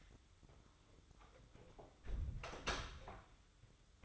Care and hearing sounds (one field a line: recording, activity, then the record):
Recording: daily activity, microphone in the room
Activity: close door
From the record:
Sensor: 3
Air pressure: 1004.8 hPa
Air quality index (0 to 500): 77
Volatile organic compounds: 2 ppm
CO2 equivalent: 1157 ppm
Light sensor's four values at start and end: 8/19/8/7 and 8/19/8/7